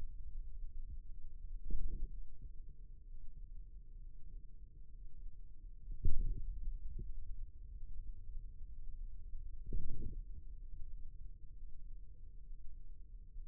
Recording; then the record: forearm muscle sounds (acoustic myography)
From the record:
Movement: radial deviation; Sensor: system 2, bracelet of six BSWA MPA416 microphones around the upper forearm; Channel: 4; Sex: male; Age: 22 years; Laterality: right